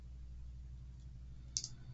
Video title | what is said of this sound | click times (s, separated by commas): Mania Hobby 1/72 Nakajima B5N 'Kate' Build Part One, and a 2025 Retrospective. | That snaps right in there. Perfect. | 1.6 s